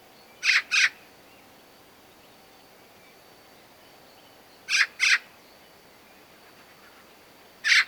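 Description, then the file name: Eurasian magpie giving harsh rasping calls in doubled pairs, separated by long pauses, then a final single note. "Pica pica"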